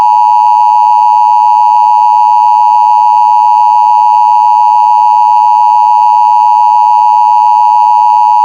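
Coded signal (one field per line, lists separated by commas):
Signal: Emergency Alert System (SAME) tones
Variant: 853 and 960 Hz attention tone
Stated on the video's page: Fictional EAS scenario.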